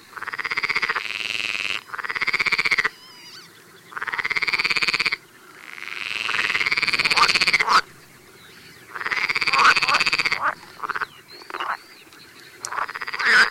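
Pool frog croaking calls: loud pulsed rattling bursts about a second long, repeated with short gaps, with shorter notes between.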